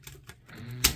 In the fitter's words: And I think you push it down till it clicks.